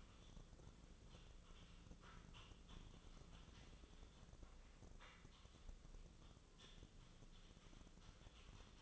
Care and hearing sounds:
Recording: daily activity, microphone in the room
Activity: typing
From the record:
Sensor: 4

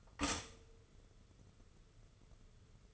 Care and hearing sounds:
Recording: daily activity, microphone in the room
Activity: stop toaster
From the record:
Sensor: 4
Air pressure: 995.3 hPa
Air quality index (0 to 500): 214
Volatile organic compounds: 245 ppm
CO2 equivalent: 4348 ppm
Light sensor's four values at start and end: 28/83/32/34 and 26/78/30/32

